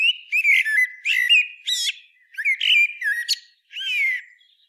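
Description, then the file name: Common blackbird calls: a quick series of squeaky whistled notes, some sliding up and down, grouped in short bursts with brief pauses, ending in one drawn-out slurred note. "Turdus merula"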